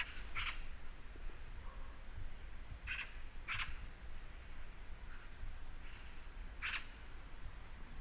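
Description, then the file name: Eurasian magpie uttering coarse, scratchy calls in short separate bursts, several clustered together then a pause before another, over a low background rumble. "Pica pica"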